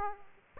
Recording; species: mosquito wingbeat signal from an infrared sensor; Aedes aegypti